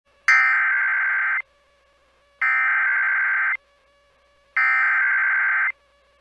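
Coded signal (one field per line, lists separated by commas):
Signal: Emergency Alert System (SAME) tones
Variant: header bursts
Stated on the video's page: SAME tones from NOAA Weather Radio during a severe weather outbreak across Montana, North Dakota and South Dakota.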